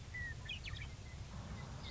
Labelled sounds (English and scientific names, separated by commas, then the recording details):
Western Meadowlark (Sturnella neglecta)
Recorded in Sonoma County, California